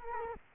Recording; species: mosquito wingbeat signal from an infrared sensor; Culex quinquefasciatus